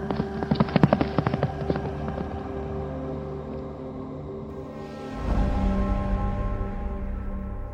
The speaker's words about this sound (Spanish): y al ver a mi caballo a 10 pasos de mí, lo monté de un salto y partí al galope.